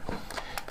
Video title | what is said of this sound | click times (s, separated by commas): DJI Phantom 3 Pro: Full Breakdown and Rebuild (Part 2 of 5) | so once you've got kind of a narrow opening you should be able to stick the butter knife in there and you hear that click | 0.6 s